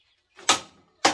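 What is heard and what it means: A click-type torque wrench set to 1000 Nm is checked on the third metric bolt, and it clicks sharply at 0.5 s, confirming the bolt is at 1000 Nm. A faint lead-in sound comes just before, and a second loud sharp click follows at 1.1 s.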